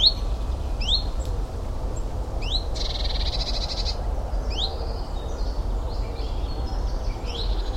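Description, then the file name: Common chiffchaff song, sharp high notes repeated in an uneven pattern, with a brief buzzy sound near the middle, over steady low rumble. "Common Chiffchaff , Zilp Zalp"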